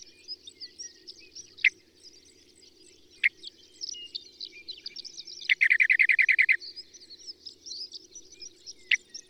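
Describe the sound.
Bird song: many high, thin twittering notes, with a few sharp downslurred chips and one loud, rapid trill about two-thirds of the way through.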